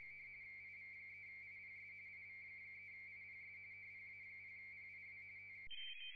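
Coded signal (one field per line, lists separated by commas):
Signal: RTTY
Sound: fast warbling two-tone chatter, then an abrupt switch to a higher warbling signal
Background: radio hum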